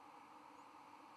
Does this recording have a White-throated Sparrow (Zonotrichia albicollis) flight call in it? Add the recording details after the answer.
no. Another species' flight call is heard. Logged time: 04:56 on 13 November 2014